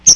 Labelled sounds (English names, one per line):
Chestnut-sided Warbler flight call